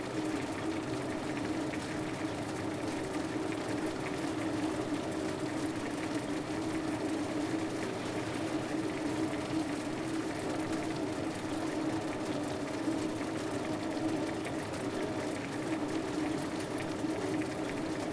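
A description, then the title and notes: A running ski lift drones steadily for the whole stretch, a dense mechanical hum with a firm low-mid tone that never changes pitch. The level holds even throughout, with a faint hiss and light rattling texture layered over the motor's constant drone. Sound of Running Ski Lift.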